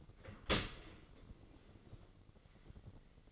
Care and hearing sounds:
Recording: daily activity, microphone in the room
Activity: open dishwasher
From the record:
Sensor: 4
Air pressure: 1003.9 hPa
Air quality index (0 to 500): 154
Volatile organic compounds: 2 ppm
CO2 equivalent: 1097 ppm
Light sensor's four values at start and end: 26/64/27/29 and 28/69/29/31

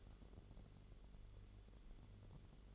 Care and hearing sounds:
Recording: daily activity, microphone in the room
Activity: light on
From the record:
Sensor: 4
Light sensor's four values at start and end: 13/29/11/11 and 13/31/12/12

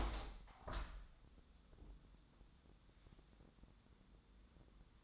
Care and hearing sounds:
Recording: daily activity, microphone in the room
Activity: open window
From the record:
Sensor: 3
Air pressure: 1000.4 hPa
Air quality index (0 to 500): 133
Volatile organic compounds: 2 ppm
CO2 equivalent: 1162 ppm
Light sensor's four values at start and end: 13/35/14/15 and 14/37/15/16

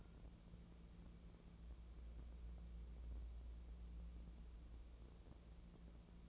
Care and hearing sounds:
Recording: daily activity, microphone in the room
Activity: wipe stove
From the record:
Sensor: 1

